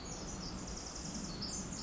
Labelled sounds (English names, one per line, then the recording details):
Pacific Wren
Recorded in Sonoma County, California